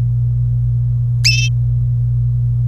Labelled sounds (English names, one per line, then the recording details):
Domestic Canary song
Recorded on 25 April 2018 at 18:18
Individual llb3